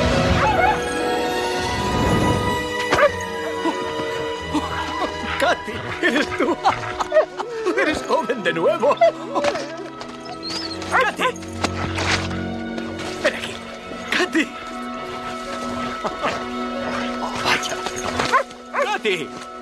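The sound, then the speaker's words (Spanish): Several dogs bark in repeated short, sharp bursts, mixed with high-pitched yips and whimpers, all over a dense, steady background of sustained tones. “Estoy en el cielo de los perros.”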